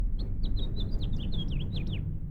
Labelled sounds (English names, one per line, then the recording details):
House Finch song
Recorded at Woodmere on Long Island, New York, on 11 June 1975
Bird E